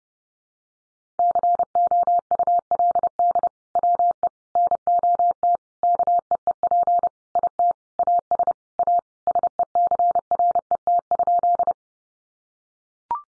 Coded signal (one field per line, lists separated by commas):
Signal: Morse code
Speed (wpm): 28 wpm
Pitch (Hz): 700 Hz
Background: none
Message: COULD WE NOT KEEP IT AS A SECRET?